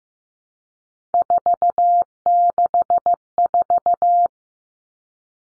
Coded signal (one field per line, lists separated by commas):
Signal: Morse code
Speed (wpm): 15 wpm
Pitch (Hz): 700 Hz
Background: none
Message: 464